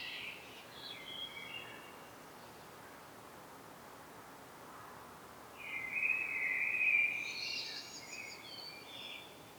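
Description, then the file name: Common blackbird song, a faint phrase at the start, then after a pause a longer, clearer fluting warble with high twittering notes. "Turdus merula"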